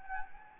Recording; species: mosquito wingbeat signal from an infrared sensor; Anopheles gambiae